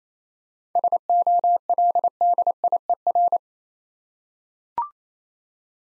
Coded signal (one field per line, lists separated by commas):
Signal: Morse code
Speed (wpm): 27 wpm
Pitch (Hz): 700 Hz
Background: none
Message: SOLDIER